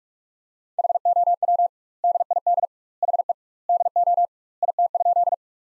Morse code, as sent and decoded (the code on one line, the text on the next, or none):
.... --- .-- / -.. .. -.. / .... . / -.. --- / .. - ..--..
HOW DID HE DO IT?